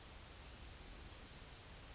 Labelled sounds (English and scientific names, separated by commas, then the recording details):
Yellowhammer (Emberiza citrinella) song
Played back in grassland
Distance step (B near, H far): D
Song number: 154